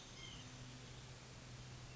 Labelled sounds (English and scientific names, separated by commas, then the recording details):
White-breasted Nuthatch (Sitta carolinensis)
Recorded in Sonoma County, California